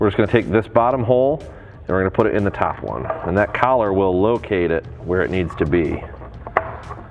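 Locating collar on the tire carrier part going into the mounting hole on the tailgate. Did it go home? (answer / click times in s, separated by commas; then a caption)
yes / 6.6 s. During a JCR Offroad tire carrier riser install on a Jeep JL Wrangler, someone talks while a part is moved from the bottom hole to the top hole on the tailgate and pushed in. A sharp snap at 6.6 s marks its locating collar seating in the mounting hole.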